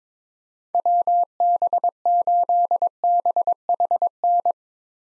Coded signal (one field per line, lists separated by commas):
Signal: Morse code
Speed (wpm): 22 wpm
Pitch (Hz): 700 Hz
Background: none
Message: WB8BHN